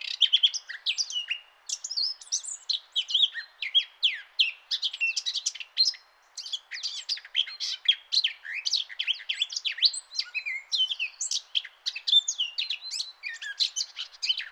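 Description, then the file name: Eurasian blackcap song, a continuous rich scratchy warble of rapid, varied high notes, bright and jumbled, running almost without pause throughout. "Sylvia atricapilla"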